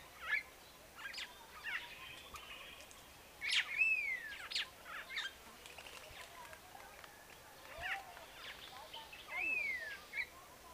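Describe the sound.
Neumann's starling calls: scattered sharp chips and two clear rising-falling whistled notes, spaced irregularly over steady background hiss.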